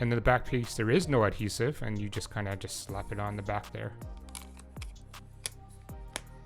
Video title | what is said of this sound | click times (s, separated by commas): Galaxy Fold 4 Samsung Standing Cover & S Pen Case - Spigen Glastr Screen Protector | and you can hear a click and it is done | 5.5 s, 6.2 s